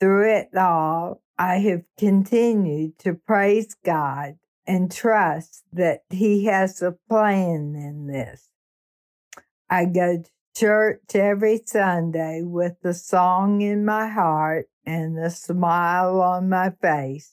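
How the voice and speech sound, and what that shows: Adult woman reading aloud, with dysarthria due to amyotrophic lateral sclerosis (ALS), diagnosed in May 2019. Her speaking and singing abilities are currently being lost, along with showering and dressing herself.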